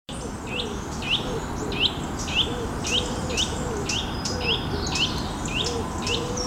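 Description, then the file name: Eurasian nuthatch calls: short, upslurred whistled notes repeated about twice a second over a steady low rumble, with softer lower notes in the background. "Sitta europaea"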